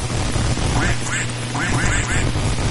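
A run of short, nasal duck quack sound effects, about five or six bursts in an uneven rhythm, over a steady low hum and a hiss of background noise, on the radio show Conspiranoicos on Radio Cusey Network.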